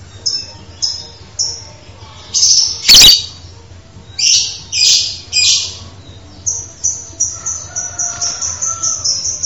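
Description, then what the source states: Songbird song: high, thin chirps repeated about twice a second, then harsh buzzy bursts and a sharp click, ending in a quick run of rapid high notes over a faint low hum. Masteran training audio for songbirds.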